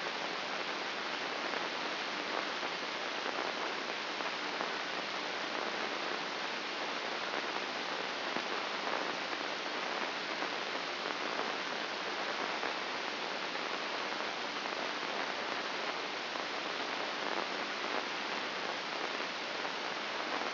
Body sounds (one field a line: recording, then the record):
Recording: brain microelectrode recording played as sound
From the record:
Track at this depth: outside the subthalamic nucleus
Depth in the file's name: 6.829 mm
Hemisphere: left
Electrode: 2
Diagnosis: Parkinson's disease